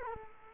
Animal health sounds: mosquito wingbeat signal from an infrared sensor; Culex quinquefasciatus

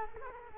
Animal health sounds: mosquito wingbeat signal from an infrared sensor; Culex quinquefasciatus

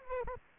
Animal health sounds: mosquito wingbeat signal from an infrared sensor; Aedes aegypti

